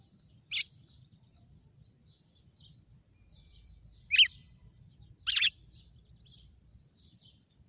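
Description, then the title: Red-cowled cardinal uttering three scattered bright chips, sharp and high, with soft faint twitters and quiet low noise between. Female red-cowled cardinal named Fenrir, singing; its song today is the style called açoite. "Canto Galo Campina Fêmea 06. GALO DE CAMPINA FENRIR - HJ FOI AÇOITE VIU??"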